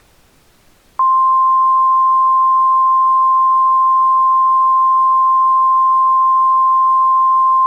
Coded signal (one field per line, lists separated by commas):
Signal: Emergency Alert System (SAME) tones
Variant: 1050 Hz attention tone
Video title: (EAS Scenario) Lost Equestrian Couple on Earth